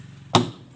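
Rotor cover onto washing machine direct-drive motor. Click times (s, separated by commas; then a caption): 0.3 s. A rotor cover is fitted onto a Toshiba inverter direct-drive washing-machine motor. It goes on with a single loud, sharp hit at 0.4 s, with a short low-frequency ring before the clip settles back to quiet. The cover snaps home and locks quickly.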